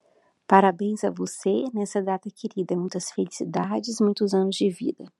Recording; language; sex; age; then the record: short text; Brazilian Portuguese; female; 30 to 39 years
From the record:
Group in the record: control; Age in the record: 38 years